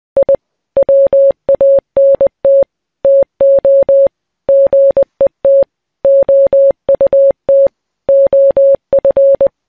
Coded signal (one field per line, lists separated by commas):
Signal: Morse code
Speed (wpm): 20 wpm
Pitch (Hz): 550 Hz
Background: none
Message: I WANT TO GET OUT OF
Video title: Morse Code | Encrypted Messages